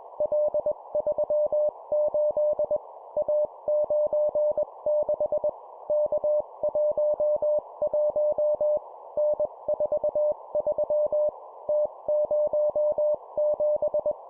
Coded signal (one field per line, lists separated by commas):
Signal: Morse code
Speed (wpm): 21 wpm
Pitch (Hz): 600 Hz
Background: none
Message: L38 A96 K11 N43 T07